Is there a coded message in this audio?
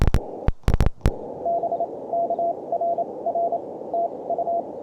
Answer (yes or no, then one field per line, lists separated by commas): yes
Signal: Morse code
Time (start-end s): 1.5-4.6 s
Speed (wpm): 28 wpm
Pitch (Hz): 680 Hz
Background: none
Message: BK RR TU